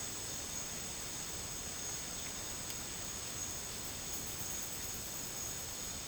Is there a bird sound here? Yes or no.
no